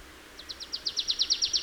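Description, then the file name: Marsh tit producing a brisk rattle of high chipping notes that grow louder, cut off mid-series. "Poecile palustris"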